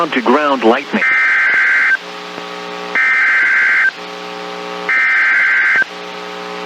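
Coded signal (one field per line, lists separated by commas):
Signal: Emergency Alert System (SAME) tones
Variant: header bursts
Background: speech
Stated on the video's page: EAS alerts captured through a TFT EAS 911 unit, including NOAA Weather Radio broadcasts.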